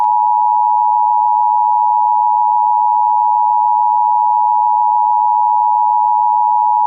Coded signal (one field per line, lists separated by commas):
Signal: Emergency Alert System (SAME) tones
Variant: 853 and 960 Hz attention tone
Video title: EAS Reenactment Mock: Deep Destruction